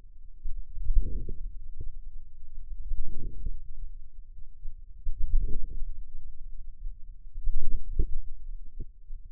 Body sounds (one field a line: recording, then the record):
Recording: forearm muscle sounds (acoustic myography)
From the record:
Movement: hand closing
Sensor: system 2, bracelet of six BSWA MPA416 microphones around the upper forearm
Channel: 6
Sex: male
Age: 22 years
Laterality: right